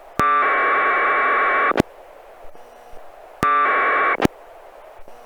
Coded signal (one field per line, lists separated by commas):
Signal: packet radio (AX.25, as in APRS)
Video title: Winlink Setup and Demo